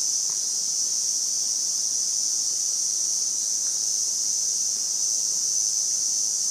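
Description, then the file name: Cicada song, a continuous high shrill hiss held at a steady level throughout, with no breaks. "Lyristes bihamatus"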